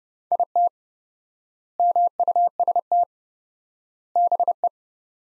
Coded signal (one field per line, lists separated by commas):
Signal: Morse code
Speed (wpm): 32 wpm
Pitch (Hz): 700 Hz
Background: none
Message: IT MUST BE